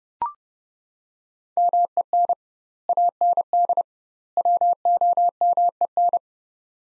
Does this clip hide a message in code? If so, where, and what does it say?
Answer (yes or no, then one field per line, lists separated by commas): yes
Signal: Morse code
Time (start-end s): 1.6-6.2 s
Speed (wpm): 31 wpm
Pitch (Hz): 700 Hz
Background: none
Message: MEN AND WOMEN